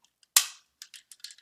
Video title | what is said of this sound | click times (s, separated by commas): Chia cryptocurrency Intel NUC plotting build. How to plot Chia in a small form factor! | If I put it in the right way, snaps right in. | 0.4 s